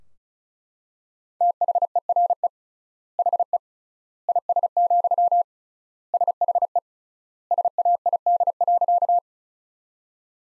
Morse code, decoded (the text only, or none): THERE HE IS, SHE SAID.